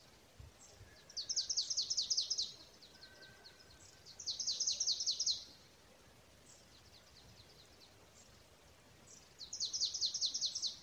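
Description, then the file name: Marsh tit call bursts: three rapid runs of high, down-slurred notes, each lasting about a second, spaced several seconds apart, with faint single notes between them. "Poecile palustris"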